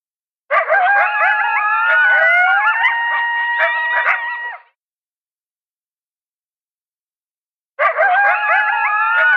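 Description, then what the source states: Coyote howling and yipping: wavering, quavering howls with sharp yips for about four seconds, then silence before another burst begins. A lone coyote.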